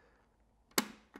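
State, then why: Seated. A plastic side pod of the visor mechanism on an Arai helmet with VAS-V type fitting is pushed onto the motorcycle helmet shell after its top part is located first. A faint tap comes just before a sharp, bright click at 0.8 s, and a softer click follows at about 1.2 s. The side pod is seated in its mounting on the helmet shell.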